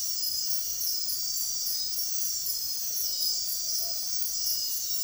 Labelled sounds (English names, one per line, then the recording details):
none
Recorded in dense forest near Puerto Asís, Putumayo, Colombia, on 9 March 2025 at 04:00
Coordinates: 0.503, -76.323
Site GP09